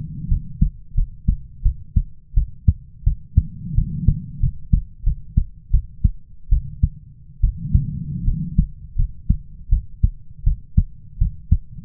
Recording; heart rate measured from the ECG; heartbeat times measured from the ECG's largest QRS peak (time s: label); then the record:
heart sounds by stethoscope; 83 bpm
0.29 s: heartbeat
0.95 s: heartbeat
1.63 s: heartbeat
2.34 s: heartbeat
3.04 s: heartbeat
3.75 s: heartbeat
4.40 s: heartbeat
5.04 s: heartbeat
5.71 s: heartbeat
6.50 s: heartbeat
7.41 s: heartbeat
8.25 s: heartbeat
8.96 s: heartbeat
9.70 s: heartbeat
10.44 s: heartbeat
11.19 s: heartbeat
From the record:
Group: healthy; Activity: rest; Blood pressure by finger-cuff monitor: 103/67 mmHg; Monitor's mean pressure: 79 mmHg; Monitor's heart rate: 83 bpm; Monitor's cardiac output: 7.2 L/min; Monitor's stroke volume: 85 mL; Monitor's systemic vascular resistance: 810 dyn s/cm5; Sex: female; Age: 22 years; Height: 157 cm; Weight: 47.6 kg